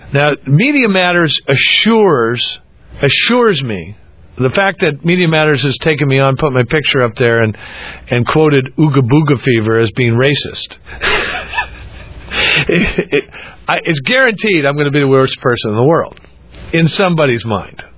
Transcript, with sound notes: Now, Media Matters assures, assures me -- the fact that Media Matters has taken me on, put my picture up there, and quoted ooga booga fever as being racist. [laughter] It's guaranteed that I'm going to be the Worst Person in the World, in somebody's mind.